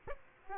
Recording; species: mosquito wingbeat signal from an infrared sensor; Aedes aegypti